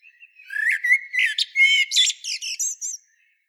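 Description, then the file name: Common blackbird, a short song phrase opening with soft fluty notes that build into a busy run of high-pitched twitters and squeaks, about two and a half seconds long. "Turdus merula"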